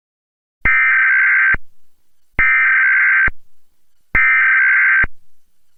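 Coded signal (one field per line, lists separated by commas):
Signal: Emergency Alert System (SAME) tones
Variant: header bursts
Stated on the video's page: Mock reenactment of a Texas Required Monthly Test using valid EAS tones.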